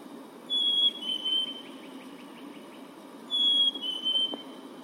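Bird song, two high clear whistled phrases, each a steady note stepping slightly lower, with faint rapid ticking after the first.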